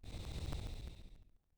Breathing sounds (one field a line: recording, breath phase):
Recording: one breath near a microphone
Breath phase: exhalation